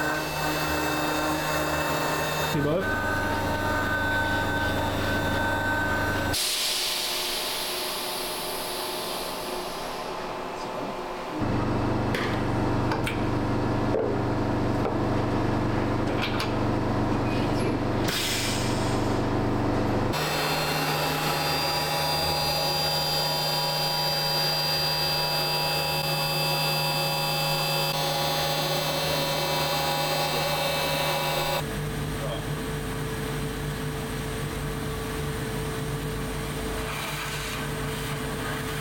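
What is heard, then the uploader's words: A CNC mill runs in distinct loud stretches, its steady whine and hum shifting pitch abruptly at about 3, 6, 11, 20 and 32 seconds. OER17_CNC_Milling Side One.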